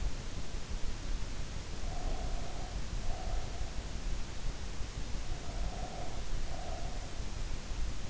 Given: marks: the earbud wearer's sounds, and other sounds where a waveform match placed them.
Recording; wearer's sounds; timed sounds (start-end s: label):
sounds in sleep by an in-ear microphone; breath
1.74-3.87 s: breath
5.60-7.27 s: breath